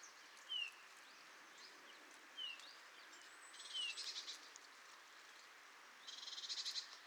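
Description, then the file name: Eurasian bullfinch giving soft, short, descending piped whistles, three spaced notes in the first four seconds, with high rapid pulsed bursts of another sound later on. "Pyrrhula pyrrhula"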